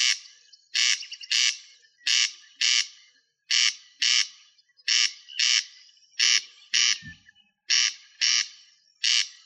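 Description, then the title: Rail calls: strident, grating notes, many in rapid pairs, repeated continuously with brief pauses. One short low thump comes later on. "LuckyFamilia RallidaeFrangoSama"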